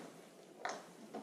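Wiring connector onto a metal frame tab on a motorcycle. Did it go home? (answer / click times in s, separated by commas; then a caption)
no / none. A wiring connector is handled against a metal mounting tab on an Africa Twin motorcycle frame during a Boosterplug install. There is faint handling noise, a brief sharp tick at 0.65 s, and a softer knock near 1.2 s. Nothing has seated or clicked yet.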